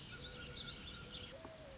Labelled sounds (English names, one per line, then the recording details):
Mourning Dove
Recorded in Sonoma County, California